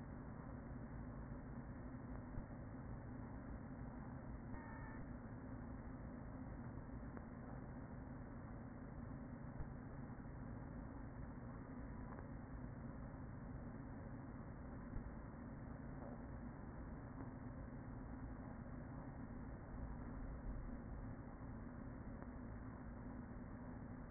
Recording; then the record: honeybee colony, microphone inside the hive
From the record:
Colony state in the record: queen present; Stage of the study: after two queens were removed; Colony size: about 40,000 bees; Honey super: no